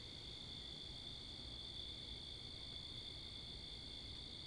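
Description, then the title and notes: Crickets produce an even, unbroken high-pitched trill throughout, over a low rumble of wind and cars. Wakefield, Rhode Island; 10 October 2021 at 11:35pm, night; mics facing northeast; two Rode NTG-3 shotgun mics on a Sound Devices MixPre 10ii; with cars and wind. "Oct 10th 2021 11:35pm Wakefield, Rhode Island. Crickets, Cars, and Wind"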